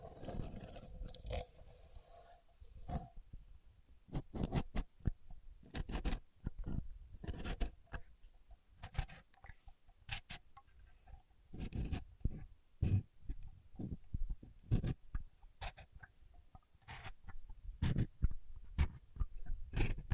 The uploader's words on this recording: A Contour Gauge. No Talking.